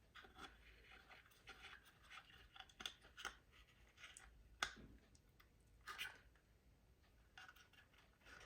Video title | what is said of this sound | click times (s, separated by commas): How to Remove & Replace The De-Clumpers on the DF64E | back in. So it'll just snap right in. | 4.6 s